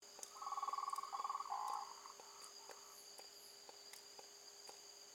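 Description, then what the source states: A frog gives a short pulsed trill, rapid rattling notes for just over a second, then a brief lower burst, over steady high insect hum and faint regular ticking. Recorded on 8 March 2021 at 20:47, at night.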